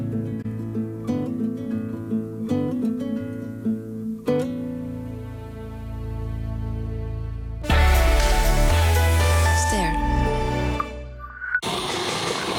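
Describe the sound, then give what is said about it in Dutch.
A slow, tonal music passage gives way to a sudden loud, dense din of noise inside a livestock factory farm in which the pension fund ABP invests. The din is harsh and continuous with shrill high-pitched squeal-like tones, cutting off and briefly resuming at the end. “Zo klinkt het in de V-fabrieken waarin pensioenfonds ABP investeert.”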